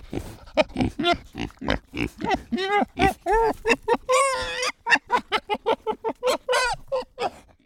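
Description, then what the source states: Domestic pigs giving a steady series of short whining calls that bend up and down in pitch, with one longer drawn-out squeal midway. Pigs squealing, barking and whining; they have a very human vocal range and sound like they are constantly in a strained conversation.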